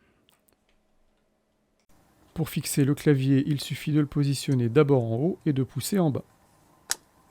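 A plastic Nuki smart lock keypad (Nuki Keypad, for the Nuki Smart Lock 3.0) is hooked onto the top of its wall-mounted bracket and pushed down onto its mounting plate. Someone talks from about 2.4 to 6.2 s, then a single sharp click at 6.9 s marks the keypad snapping into place, seated on the wall mount.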